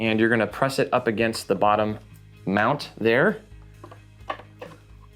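Someone talks while the bottom detachable support piece of a Donner Hush-X headless travel guitar is pressed up against the bottom mount on the guitar body. A few faint handling taps follow near 3.8, 4.3 and 4.6 seconds. The piece has not seated or clicked into place yet.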